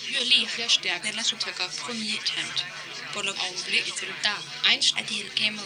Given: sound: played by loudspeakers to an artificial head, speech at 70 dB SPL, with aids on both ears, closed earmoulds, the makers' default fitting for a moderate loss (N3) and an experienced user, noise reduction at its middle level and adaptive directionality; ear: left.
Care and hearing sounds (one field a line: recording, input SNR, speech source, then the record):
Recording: speech test signal (ISTS) in cocktail-party noise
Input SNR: +3 dB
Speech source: in front (0 degrees)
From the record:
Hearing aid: class 2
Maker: A